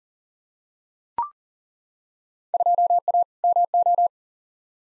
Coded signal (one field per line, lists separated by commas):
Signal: Morse code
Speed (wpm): 40 wpm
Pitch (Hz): 700 Hz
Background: none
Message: 2A MO